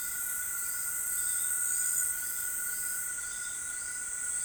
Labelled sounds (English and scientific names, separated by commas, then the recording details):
none
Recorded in forest near Pivijay, Magdalena, Colombia, on 13 April 2023 at 18:30
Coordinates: 10.467, -74.380
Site Z5-G034